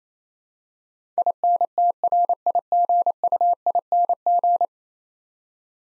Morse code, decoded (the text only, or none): INTRIGUING